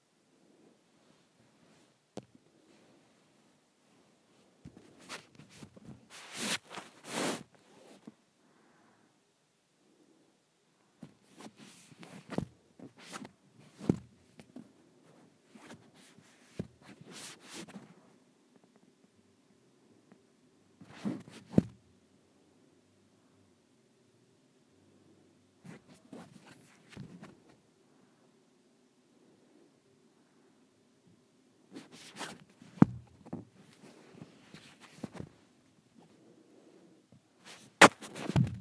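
Something swishes and brushes around the microphone in irregular bursts, with sharp rustles and knocks clustered near 5–8, 12–18, 21, 26 and 32–38 seconds. A faint low hum sits underneath, and there are quiet gaps between bursts.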